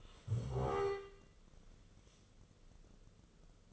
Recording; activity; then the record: daily activity, microphone in the room; stand up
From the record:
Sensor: 4